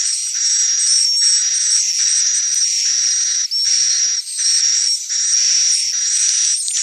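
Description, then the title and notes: Swiftlet calls: continuous high buzzy twittering over a sustained thin whistle, broken by brief gaps every second or so. Sound used for swiftlet farming in Asia. "Swiflet Bird Sound. Farming Swiflet Bird asia sound"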